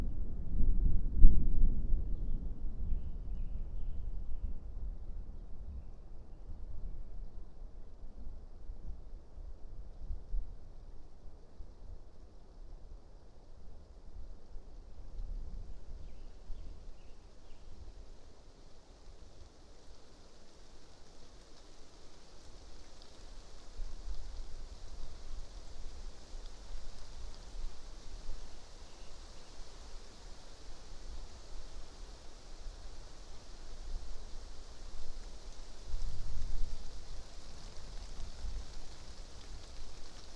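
A passing thunderstorm grumbles low, with a deep rumble in the opening seconds and another around the 36-second mark. Between them a soft, steady low murmur continues, while a thin, bright hiss, likely light rain, builds gradually from the middle onward.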